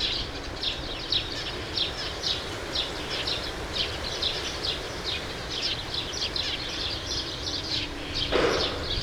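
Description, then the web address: True sparrows chirp steadily in an overlapping flock chorus, with a faint low hum and a brief loud burst of noise near the end. "True sparrows. دانلود-صدای-پرنده-راستین"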